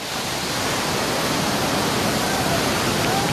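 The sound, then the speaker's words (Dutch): A continuous, loud rush of churning water from an artificial surf wave in a surf pool, ridden one by one by surfers in orange vests, a dense hiss-like roar that holds steady without pauses for the whole moment. “Eén voor één rijden ze een stukje mee over de golf.”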